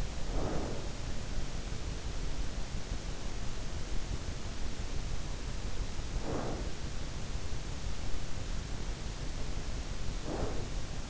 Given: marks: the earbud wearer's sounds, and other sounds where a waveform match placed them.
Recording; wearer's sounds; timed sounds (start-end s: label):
sounds in sleep by an in-ear microphone; breath
0.00-1.23 s: breath
5.86-6.89 s: breath
9.61-11.09 s: breath